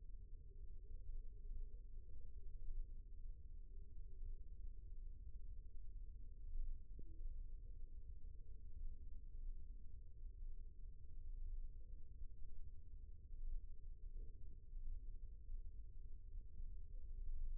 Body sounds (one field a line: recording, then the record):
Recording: forearm muscle sounds (acoustic myography)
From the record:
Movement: rest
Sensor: system 1, eight BSWA MPA416 microphones around the upper forearm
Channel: 7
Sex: male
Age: 20 years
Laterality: left